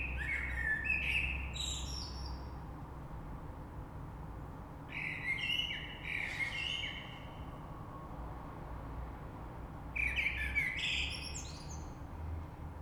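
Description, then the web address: Common blackbird song: three phrases about five seconds apart, each a low mellow warble ending in a burst of high scratchy twittering, over a low rumble. Recorded on 3 March 2020. "oiseaux Rush Merle 3-3-2020"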